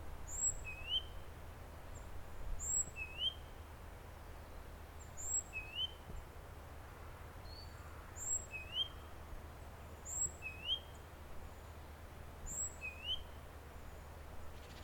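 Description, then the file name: Great tit delivering a long, regular series of paired notes, high then lower and upslurred, against low background hum. "Parus major"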